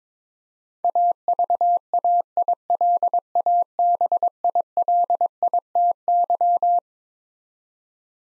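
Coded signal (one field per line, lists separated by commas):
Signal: Morse code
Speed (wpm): 21 wpm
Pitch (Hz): 700 Hz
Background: none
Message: AVAILABILITY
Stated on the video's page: Morse code head-copy drill of twelve-letter words at 22 wpm, each word sent, spoken, then sent again.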